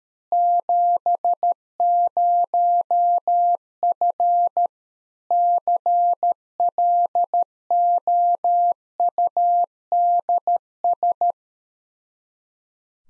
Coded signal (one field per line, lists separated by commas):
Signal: Morse code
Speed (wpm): 13 wpm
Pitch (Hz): 700 Hz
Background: none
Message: 70F CLOUDS